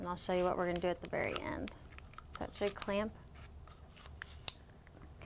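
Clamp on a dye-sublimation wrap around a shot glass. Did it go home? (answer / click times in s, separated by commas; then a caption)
yes / 4.2 s, 4.5 s. A metal clamp on a silicone dye-sublimation oven wrap around a glass shot glass is hand-tightened as far as fingers can get it while someone talks. After the speech, small handling sounds are followed by sharp clicks at 4.2 and 4.5 seconds as the clamp clicks to finger-tight.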